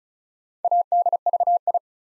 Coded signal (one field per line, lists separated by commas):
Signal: Morse code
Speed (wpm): 33 wpm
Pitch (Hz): 700 Hz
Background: none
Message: ADVI